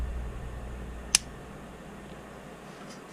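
A 1911 pistol's slide is cycled forward again in a repeated function check, locking up into battery on the frame and barrel with a sharp metallic click at 1.2 seconds over a steady low hum. The slide is seated and locked up.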